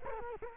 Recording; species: mosquito wingbeat signal from an infrared sensor; Culex quinquefasciatus